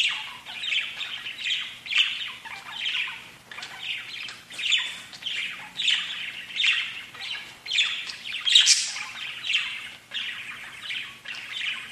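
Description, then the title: Budgerigar chatter, a steady stream of buzzy warbled notes and chirps in repeated bursts, with a few louder squawks. "Budgie Sounds"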